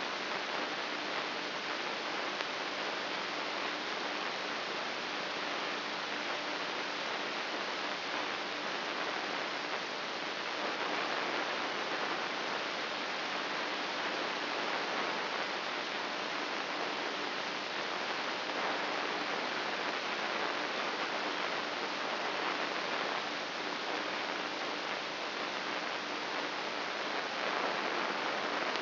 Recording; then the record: brain microelectrode recording played as sound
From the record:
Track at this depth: outside the subthalamic nucleus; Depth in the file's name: 2.844 mm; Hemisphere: left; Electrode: 3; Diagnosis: Parkinson's disease